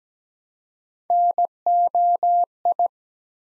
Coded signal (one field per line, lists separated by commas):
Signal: Morse code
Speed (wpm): 17 wpm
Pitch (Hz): 700 Hz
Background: none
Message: NOI